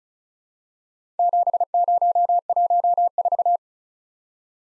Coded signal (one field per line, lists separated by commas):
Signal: Morse code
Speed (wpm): 36 wpm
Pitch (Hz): 700 Hz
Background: none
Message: 7014